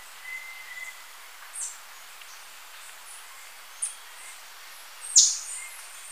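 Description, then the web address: Flavescent flycatcher calls: three thin, high, downward-slurred notes, the last loudest, with faint whistles behind. Recorded in Ecuador. "Birds of Ecuador. Flavescent Flycatcher"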